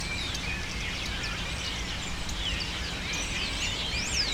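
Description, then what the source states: Birds squealing in a dense flock, with arched rising-then-falling shrieks among continuous chatter over a low steady hum. Birds taking refuge in cypresses in the recordist's city, screaming without stopping, especially in the afternoon.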